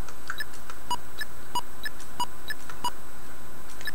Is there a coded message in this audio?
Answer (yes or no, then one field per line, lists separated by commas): no